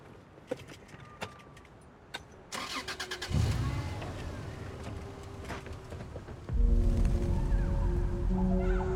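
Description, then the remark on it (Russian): A few sharp clicks and knocks, then a car engine turns over and settles into a steady rumble before revving louder into a deep, humming idle that continues to the end. “Захар и Стас следят за ними из машины.”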